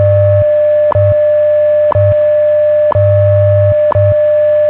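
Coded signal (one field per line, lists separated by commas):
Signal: radio time signal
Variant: WWV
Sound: steady mid-pitched tone with a sharp click every second, 4 clicks, low hum pulsing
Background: radio static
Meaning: Each tick marks one second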